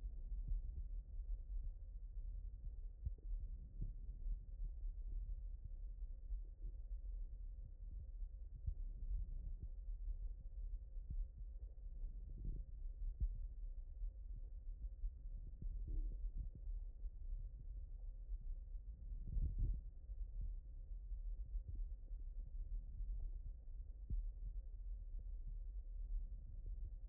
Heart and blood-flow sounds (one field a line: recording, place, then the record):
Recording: heart sounds by stethoscope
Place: aortic valve (AV)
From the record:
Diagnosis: non-HFrEF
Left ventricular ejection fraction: 67%